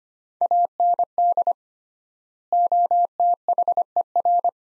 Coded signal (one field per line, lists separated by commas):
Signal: Morse code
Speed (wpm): 25 wpm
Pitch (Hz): 700 Hz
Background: none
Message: AND OTHER